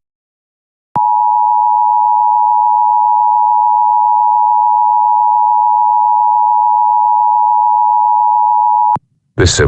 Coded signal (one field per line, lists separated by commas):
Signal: Emergency Alert System (SAME) tones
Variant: 853 and 960 Hz attention tone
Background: speech